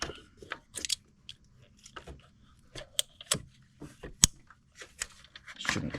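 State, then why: Seated. An upgraded chargepipe quick-connect coupling on a BMW F40 M135i xDrive is pushed onto its mating turbo/intake port under the car. After a run of small plastic knocks and scrapes, it snaps on with a sharp click at 4.2 s and is locked in place.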